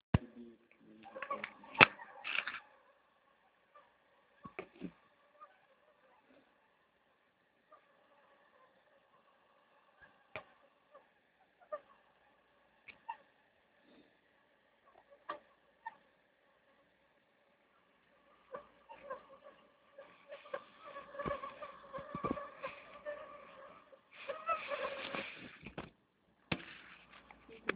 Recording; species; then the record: mosquito flight sound by mobile phone; Anopheles gambiae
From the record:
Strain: Kisumu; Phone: Nokia 6555B